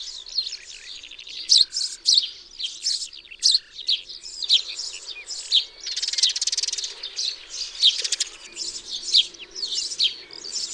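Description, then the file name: Eurasian tree sparrows give a dense stream of sharp chirps, broken midway by a burst of harsh buzzy chatter. "MAZUREK"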